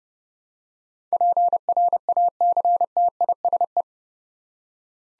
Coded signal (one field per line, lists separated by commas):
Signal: Morse code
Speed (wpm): 30 wpm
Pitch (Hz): 700 Hz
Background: none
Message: PRACTISE